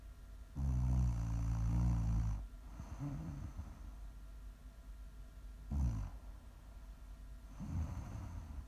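A long, loud, low-pitched rattling snore of nearly two seconds opens, followed by softer, irregular snorting breaths every few seconds. The sound is deep and buzzy, typical of ordinary snoring from vibrating airway tissue during sleep, offered as ASMR snoring for relaxing and falling asleep.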